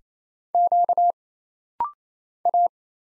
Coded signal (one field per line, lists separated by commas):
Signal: Morse code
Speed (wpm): 27 wpm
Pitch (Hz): 700 Hz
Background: none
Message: Q A